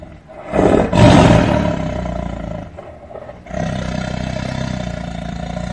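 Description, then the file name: Tiger: one loud, rough roar near the start, then a lower, steady growling rumble to the end. "Tieng ho gam"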